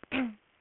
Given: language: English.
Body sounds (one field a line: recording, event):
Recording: throat vibration sensor signal played as sound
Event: throat clearing